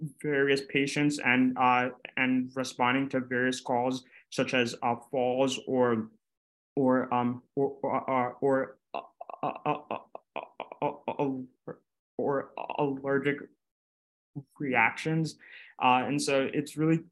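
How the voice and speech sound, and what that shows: Young adult speaker who stutters, a University of Pennsylvania neuroscience major who co-founded a stuttering support group. Speech shows word repetitions, many prolonged filled pauses ("uh", "um") and long silent blocks between phrases.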